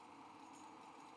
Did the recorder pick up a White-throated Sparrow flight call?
no